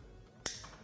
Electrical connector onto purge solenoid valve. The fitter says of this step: Go ahead, slide it on, listen for the click. There you go.